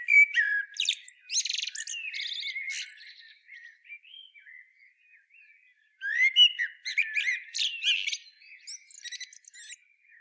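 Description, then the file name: Common blackbird song: loud bursts of high squeaky twittering at the start and again after six seconds, with quieter fluted warbles in between. "Turdus merula"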